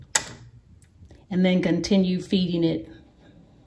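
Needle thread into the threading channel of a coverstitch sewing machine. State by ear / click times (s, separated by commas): seated / 0.2 s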